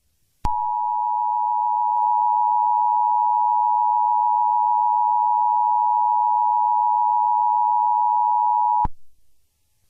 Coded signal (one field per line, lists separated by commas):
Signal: Emergency Alert System (SAME) tones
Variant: 853 and 960 Hz attention tone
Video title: NWS Bulletin for Hurricane Katrina (EAS Reenactment)